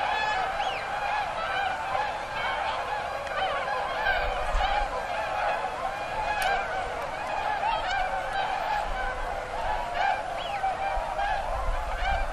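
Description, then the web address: Swans calling in a large group, an unbroken wash of overlapping nasal honks. Recorded 16 November 2007. "swan 20071116"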